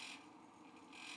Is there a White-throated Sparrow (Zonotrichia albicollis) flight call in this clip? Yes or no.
no